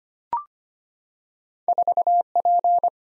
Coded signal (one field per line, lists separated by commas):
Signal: Morse code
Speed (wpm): 25 wpm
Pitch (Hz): 700 Hz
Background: none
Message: 4P